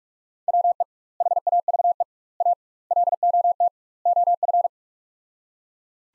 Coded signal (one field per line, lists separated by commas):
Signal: Morse code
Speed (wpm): 46 wpm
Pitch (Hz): 700 Hz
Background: none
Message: WE HAVE A LOT OF